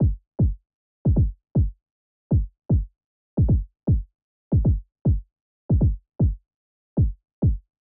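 Fetal heartbeat at 155 beats per minute, heard as rapid, low-pitched thumps.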